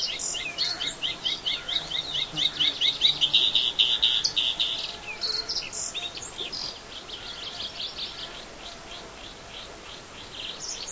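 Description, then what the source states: Bluethroat song: quick high chips building into a dense buzzy trill, then fading into looser repeated notes over a faint background hiss. Black-faced bunting and dusky warbler songs in background.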